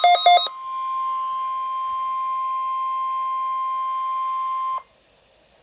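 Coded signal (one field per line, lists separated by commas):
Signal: Emergency Alert System (SAME) tones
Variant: 1050 Hz attention tone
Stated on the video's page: NOAA Weather Radio required weekly test from station KIG86.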